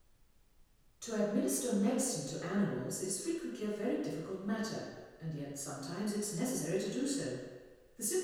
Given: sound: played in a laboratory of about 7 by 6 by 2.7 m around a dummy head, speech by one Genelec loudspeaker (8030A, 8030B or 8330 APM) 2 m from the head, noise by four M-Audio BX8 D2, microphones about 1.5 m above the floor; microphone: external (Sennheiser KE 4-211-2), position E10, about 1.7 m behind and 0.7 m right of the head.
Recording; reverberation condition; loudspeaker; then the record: female speech in English; high; 30 degrees to the right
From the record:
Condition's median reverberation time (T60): about 1300 ms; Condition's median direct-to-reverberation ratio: about -4.0 dB